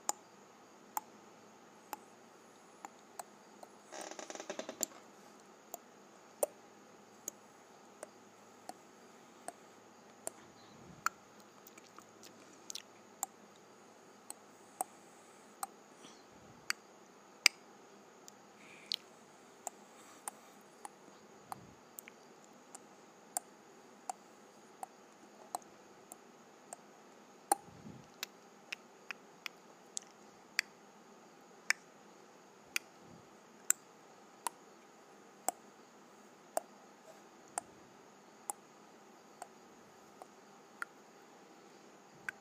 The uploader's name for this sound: Clicking my Tongue